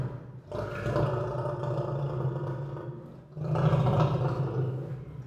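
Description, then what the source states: Lion roar: two long, deep, growling roars, the second louder after a brief pause. Several lions recorded in a zoo.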